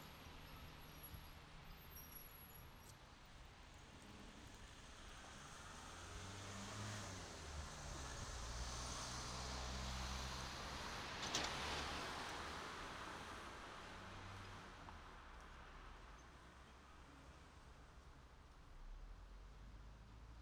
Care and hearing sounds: everyday scene through a hearing-aid microphone; in traffic; traffic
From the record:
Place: city secondary road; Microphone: in the ear canal, right

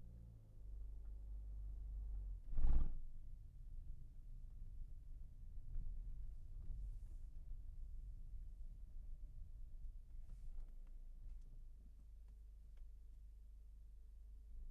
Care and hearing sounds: everyday scene through a hearing-aid microphone; in a vehicle; engine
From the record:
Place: Berlingo II, diesel engine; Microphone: behind the ear, left, front

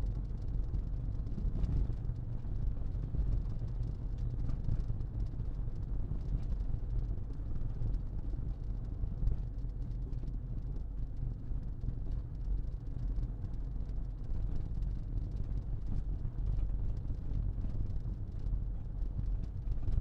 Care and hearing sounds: everyday scene through a hearing-aid microphone; in a vehicle; engine, rumble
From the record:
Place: Berlingo II, diesel engine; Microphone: in the ear canal, left

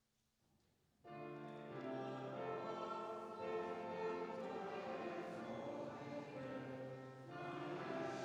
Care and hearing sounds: everyday scene through a hearing-aid microphone; reverberant space; music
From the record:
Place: church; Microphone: in the ear canal, right

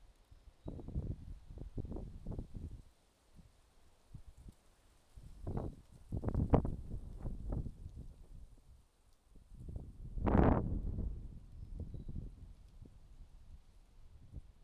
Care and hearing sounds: everyday scene through a hearing-aid microphone; wind on the microphone; wind, traffic, birds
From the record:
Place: suburban garden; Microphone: in the ear canal, left

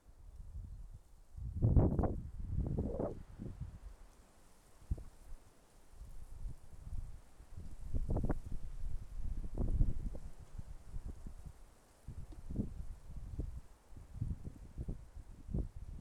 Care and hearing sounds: everyday scene through a hearing-aid microphone; wind on the microphone; wind, traffic, birds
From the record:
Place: suburban garden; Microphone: behind the ear, left, rear

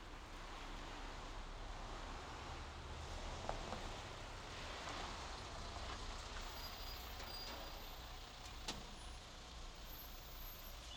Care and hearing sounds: everyday scene through a hearing-aid microphone; in traffic; traffic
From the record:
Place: main road on the outskirts, rush hour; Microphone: in the ear canal, left

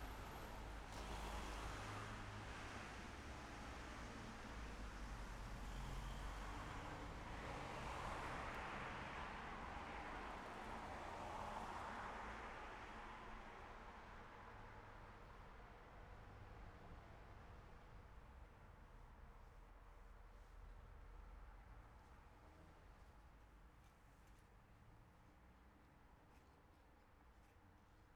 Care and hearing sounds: everyday scene through a hearing-aid microphone; in traffic; traffic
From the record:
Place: city secondary road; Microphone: behind the ear, left, front

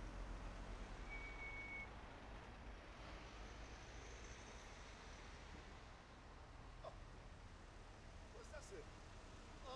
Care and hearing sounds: everyday scene through a hearing-aid microphone; in traffic; traffic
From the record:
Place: main road on the outskirts, rush hour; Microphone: behind the ear, right, front

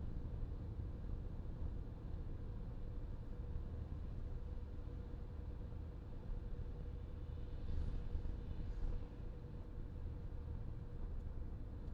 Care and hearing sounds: everyday scene through a hearing-aid microphone; in a vehicle; engine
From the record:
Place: VW T5 Caravelle, diesel engine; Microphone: in the ear canal, left

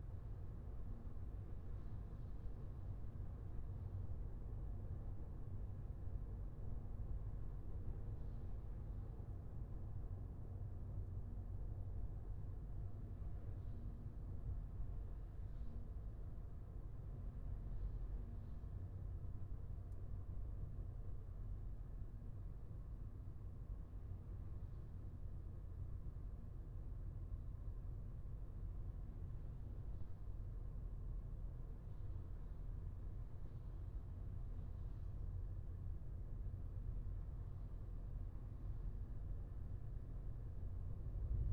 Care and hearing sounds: everyday scene through a hearing-aid microphone; in a vehicle; engine, highway driving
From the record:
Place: Skoda Fabia, gasoline engine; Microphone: behind the ear, left, rear

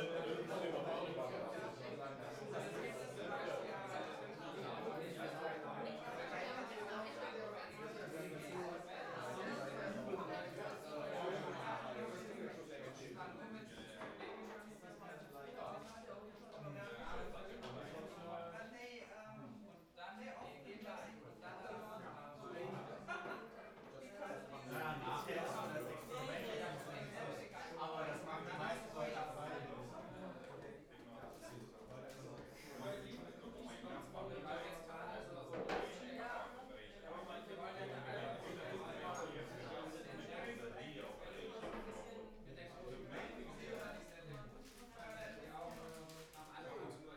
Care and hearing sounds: everyday scene through a hearing-aid microphone; many people talking; many voices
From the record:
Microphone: behind the ear, left, front

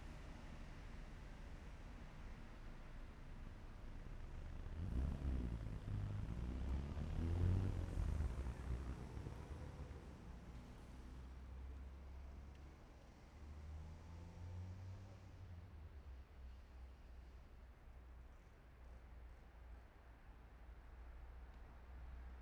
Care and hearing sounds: everyday scene through a hearing-aid microphone; in traffic; traffic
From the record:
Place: main city hub, rush hour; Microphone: behind the ear, left, front

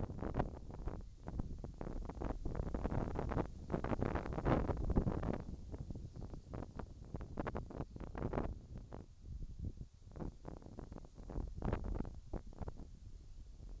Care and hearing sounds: everyday scene through a hearing-aid microphone; wind on the microphone; wind, whistling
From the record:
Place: in front of a rural house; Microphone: in the ear canal, left

